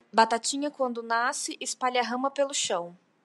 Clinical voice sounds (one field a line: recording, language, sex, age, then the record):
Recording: short text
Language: Brazilian Portuguese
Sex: female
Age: 20 to 29 years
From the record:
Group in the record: control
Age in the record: 26 years